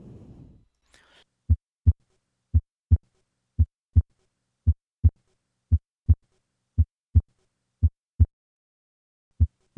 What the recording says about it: Atrial Septal Defect. I will start with a single second heart sound for several beats and then add a split of 40 milliseconds.